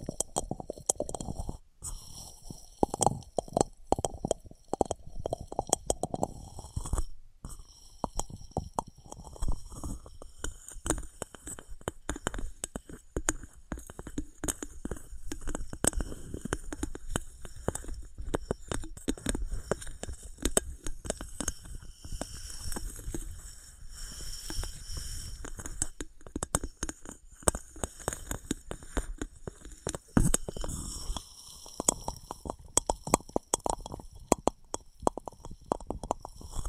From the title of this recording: Wood vs Cork, Sponge vs Foam, Glass vs Plastic